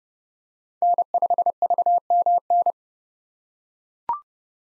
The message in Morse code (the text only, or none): N5VMN